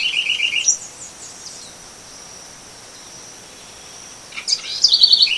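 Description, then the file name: Southern house wren: the tail of one bubbly trilled song, a pause, then another rapid chattering song begins, with a thin insect hum through the pause. Recorded at a farm called Fazenda Monte Verde, Brazil, on 24 August 2013. "Troglodytes-musculus-Faz Mt Verde-SFX-BR-24-8-13-ASilveira"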